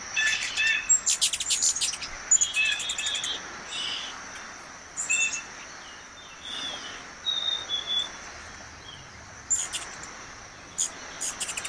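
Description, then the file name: Ruby-throated hummingbird uttering quick bursts of sharp, very high chips and squeaks, pausing between bouts, with a steady faint high hiss throughout. "Canto do beija flor da garganta vermelha"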